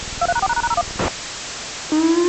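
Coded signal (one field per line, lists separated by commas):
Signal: DTMF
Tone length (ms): 70 ms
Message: 23#4#01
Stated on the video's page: Fictional EAS scenario; simulated.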